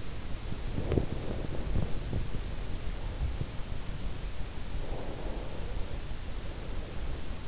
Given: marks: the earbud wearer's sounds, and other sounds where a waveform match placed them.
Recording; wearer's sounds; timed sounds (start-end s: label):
sounds in sleep by an in-ear microphone; body movement, breath
0.00-2.67 s: body movement
4.71-7.47 s: breath